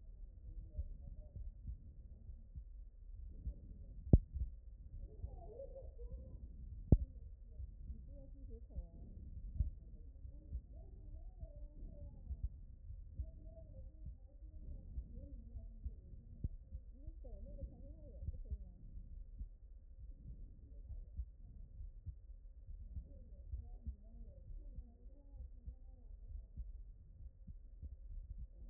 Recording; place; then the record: heart sounds by stethoscope; aortic valve (AV)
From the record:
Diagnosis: non-HFrEF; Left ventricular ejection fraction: 58%